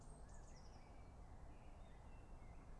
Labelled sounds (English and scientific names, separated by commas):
Common Blackbird (Turdus merula)